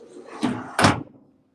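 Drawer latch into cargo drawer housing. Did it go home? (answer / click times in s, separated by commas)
yes / 0.8 s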